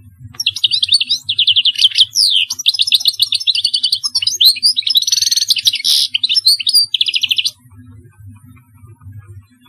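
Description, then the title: European goldfinch singing a rapid, jangling run of chirps and nasal buzzes for about seven seconds, then falling silent over a soft low hum. "Chant Chardonneret"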